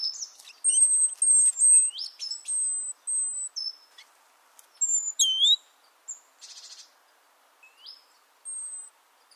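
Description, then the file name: Great tit calls: thin high whistles, quick rising and falling slurs, and short ticking notes in loose bursts, with brief pauses between them. "Parus major"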